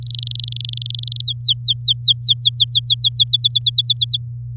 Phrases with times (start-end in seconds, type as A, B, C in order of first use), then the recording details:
0.02-1.21 A, 1.24-3.37 B, 3.39-4.17 C. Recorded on 6 May 2018 at 06:58. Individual llb16